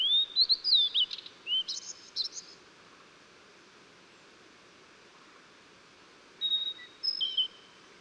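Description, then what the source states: Blue-and-white flycatcher singing a sweet whistled phrase that ends in a harsh buzzy flourish, then after a long gap a short thin whistled fragment. Recorded 14 June 2009.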